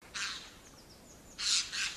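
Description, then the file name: Eurasian jay call: two harsh, rasping screeches, the second louder and doubled, with faint thin whistled notes between them and a background hiss. "Garrulus glandarius"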